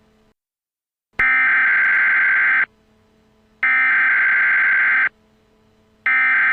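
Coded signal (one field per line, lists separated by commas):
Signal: Emergency Alert System (SAME) tones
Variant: header bursts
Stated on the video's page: Fictional SAME tones from an EAS scenario.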